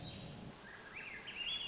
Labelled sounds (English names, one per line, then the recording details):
Swainson's Thrush
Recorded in Sonoma County, California